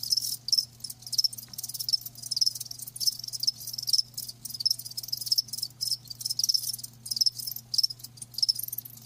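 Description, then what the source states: Crickets chirping in rhythmic high bursts, slightly irregular, with clear ringing notes over a steady low hum. Live crickets chirping, a lulling song.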